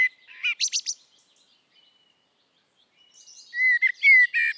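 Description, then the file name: Eurasian blackbird giving broken song: a few high scratchy notes, a thin drawn whistle, then clear fluted low whistles with a squeaky finish. "Turdus merula"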